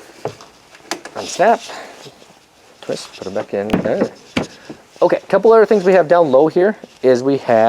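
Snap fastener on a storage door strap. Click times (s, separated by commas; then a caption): 0.9 s. A snap fastener on a storage door strap in a Winnebago Solis 59P is unsnapped, twisted, put back down, and snapped shut again, seating with a sharp click at 0.9 s. Someone talks throughout the clip.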